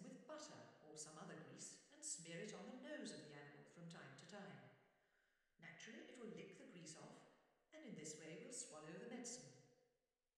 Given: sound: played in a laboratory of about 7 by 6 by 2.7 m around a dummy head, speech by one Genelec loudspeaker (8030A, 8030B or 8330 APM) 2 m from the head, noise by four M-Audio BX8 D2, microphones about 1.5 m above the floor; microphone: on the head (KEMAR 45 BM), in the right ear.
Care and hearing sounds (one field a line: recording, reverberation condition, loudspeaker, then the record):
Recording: female speech in English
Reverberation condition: high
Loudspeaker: 90 degrees to the right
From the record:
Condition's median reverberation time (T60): about 1300 ms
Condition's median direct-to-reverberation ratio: about -4.0 dB